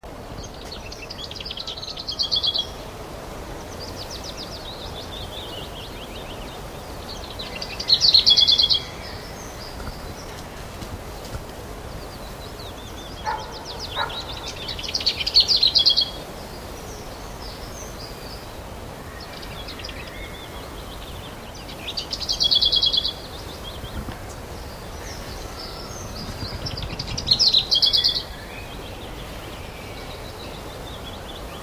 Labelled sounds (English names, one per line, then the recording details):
Lesser Whitethroat song
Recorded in the wild
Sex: male
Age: adult
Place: Mühlenbecker Land, OT Summt, Brandenburg, DE
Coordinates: 52.6931, 13.3619
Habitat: garden
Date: 1988-06-12 12:50
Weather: sunny, 14-18°C, windy
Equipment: Nagra SN, Kopie Tesla B 116
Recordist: Tembrock, Günter